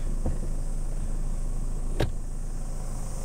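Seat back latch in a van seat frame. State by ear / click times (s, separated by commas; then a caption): partly seated / 2.0 s. Under a steady low hum, a seat back in the seat frame of a 1993 Toyota Hiace 3.0 Turbo Diesel 4WD van is pushed back into its upright position, with a soft knock at 0.3 s and a sharp latch click at 2.0 s. The seat stays more wobbly than usual, and the latch does not fully lock into place.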